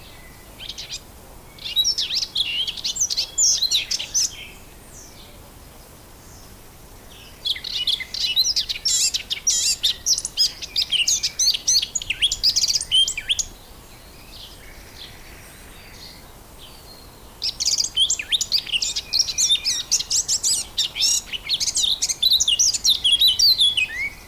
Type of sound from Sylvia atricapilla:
song